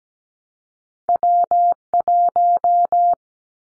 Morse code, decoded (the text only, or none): W1